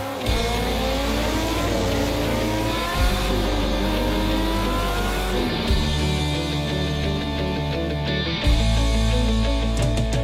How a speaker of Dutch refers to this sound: Verliefd op het motorgeluid. En dan bedoelt Ben Oevermans vooral het geluid van de TT in Assen. De jaarlijkse motorrace in juni.